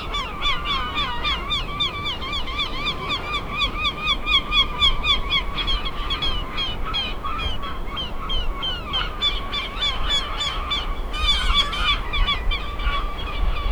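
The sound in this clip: Bird giving rapid nasal honking calls, many overlapping in a steady chattering stream, with a louder burst near the end over low rumbling background noise.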